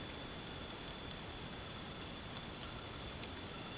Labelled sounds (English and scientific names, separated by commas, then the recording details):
none
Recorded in pastures near Puerto Asís, Putumayo, Colombia, on 13 March 2025 at 23:00
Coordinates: 0.486, -76.323
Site G075